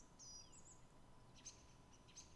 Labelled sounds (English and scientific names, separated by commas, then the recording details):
Song Thrush (Turdus philomelos)
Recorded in Germany
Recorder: ecoPi